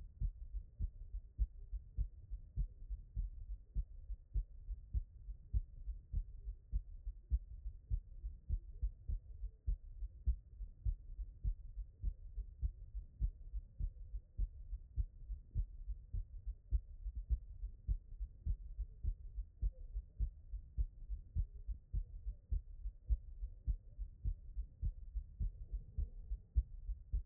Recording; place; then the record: heart sounds by stethoscope; pulmonary valve (PV)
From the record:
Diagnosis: HFrEF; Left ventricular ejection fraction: 15%